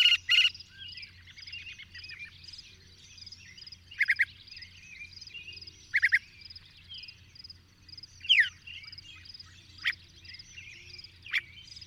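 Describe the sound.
Bird song with loud sharp chips roughly every two seconds and a downslurred whistle, over a steady background of high twittering.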